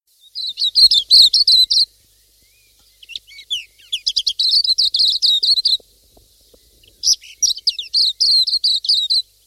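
Pleci silvereye calls, three bursts of rapid high twittered notes separated by short silences.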